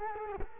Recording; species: mosquito wingbeat signal from an infrared sensor; Culex quinquefasciatus